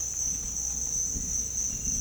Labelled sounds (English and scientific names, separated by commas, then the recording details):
none
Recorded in dense forest near Puerto Asís, Putumayo, Colombia, on 21 December 2024 at 06:30
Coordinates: 0.486, -76.317
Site G003